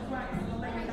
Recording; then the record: background sound without coughing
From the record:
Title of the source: 60 minutes of coffee shop sounds for study and concentration